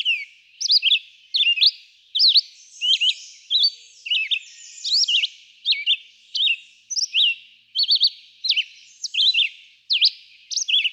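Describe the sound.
Red-eyed vireo with a steady series of short warbled phrases, rising and falling notes, brief pauses between each.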